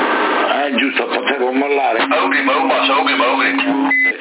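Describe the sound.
Narrowband CB radio audio from Sassari with a keyed carrier left open: voices chatter over it while a steady low hum drones underneath for the second half, ending with a brief high beep.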